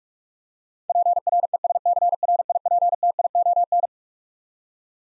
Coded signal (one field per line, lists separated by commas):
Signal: Morse code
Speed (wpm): 44 wpm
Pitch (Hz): 700 Hz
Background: none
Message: PRESCRIPTION